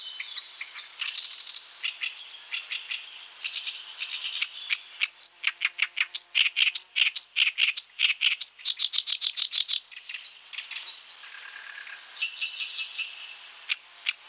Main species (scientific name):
Acrocephalus orientalis